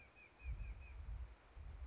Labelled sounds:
White-breasted Nuthatch (Sitta carolinensis)
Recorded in Sonoma County, California

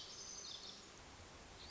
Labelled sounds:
Lazuli Bunting (Passerina amoena)
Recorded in Sonoma County, California

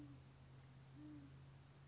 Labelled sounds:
Great Horned Owl (Bubo virginianus)
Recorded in Sonoma County, California

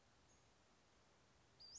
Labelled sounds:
Western Flycatcher (Empidonax difficilis)
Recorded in Sonoma County, California

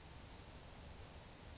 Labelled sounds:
Savannah Sparrow (Passerculus sandwichensis)
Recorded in Sonoma County, California

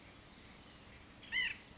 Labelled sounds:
White-breasted Nuthatch (Sitta carolinensis)
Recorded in Sonoma County, California

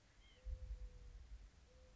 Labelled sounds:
White-breasted Nuthatch (Sitta carolinensis)
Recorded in Sonoma County, California

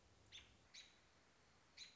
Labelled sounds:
American Robin (Turdus migratorius)
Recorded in Sonoma County, California

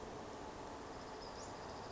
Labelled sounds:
Western Flycatcher (Empidonax difficilis)
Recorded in Sonoma County, California

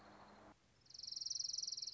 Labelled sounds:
Orange-crowned Warbler (Leiothlypis celata)
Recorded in Sonoma County, California

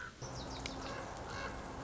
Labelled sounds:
Common Raven (Corvus corax)
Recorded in Sonoma County, California

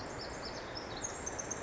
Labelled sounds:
Pacific Wren (Troglodytes pacificus)
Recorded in Sonoma County, California

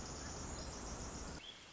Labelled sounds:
Pacific Wren (Troglodytes pacificus)
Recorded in Sonoma County, California

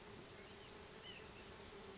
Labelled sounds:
White-breasted Nuthatch (Sitta carolinensis)
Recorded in Sonoma County, California

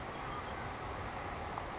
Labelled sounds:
Savannah Sparrow (Passerculus sandwichensis)
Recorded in Sonoma County, California

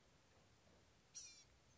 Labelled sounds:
Blue-gray Gnatcatcher (Polioptila caerulea)
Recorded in Sonoma County, California

